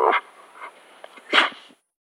Dog whine sneeze vintage.